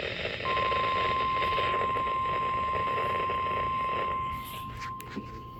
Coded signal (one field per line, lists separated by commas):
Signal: Emergency Alert System (SAME) tones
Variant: 1050 Hz attention tone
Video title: Required Weekly Tests 3/18/2026 EAS#44-45